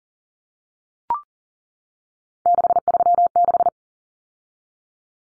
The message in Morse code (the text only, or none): 636